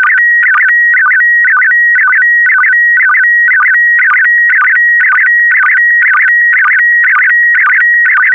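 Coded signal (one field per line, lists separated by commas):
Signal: SSTV (slow-scan television)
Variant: PD120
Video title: (08 of 12) ISS Expedition 66 - ARISS Series 19 Lunar Exploration - Retransmission SSTV PD120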